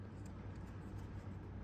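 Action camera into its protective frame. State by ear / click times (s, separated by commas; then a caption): not seated / none. A DJI Osmo Action 5 Pro action camera is handled and pushed toward its plastic protective frame against a steady low hum, with no distinct clicks. Nothing has seated or clicked yet, and the camera is not yet home in the frame.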